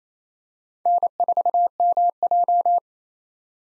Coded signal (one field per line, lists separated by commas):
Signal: Morse code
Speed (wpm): 28 wpm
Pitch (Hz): 700 Hz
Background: none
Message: N4MJ